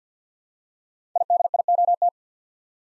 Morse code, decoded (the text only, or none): IDIOT